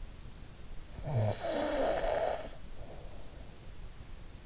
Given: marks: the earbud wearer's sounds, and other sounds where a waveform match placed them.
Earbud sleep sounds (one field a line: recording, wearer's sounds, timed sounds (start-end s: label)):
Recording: sounds in sleep by an in-ear microphone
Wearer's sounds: snoring breath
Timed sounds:
0.49-3.12 s: snoring breath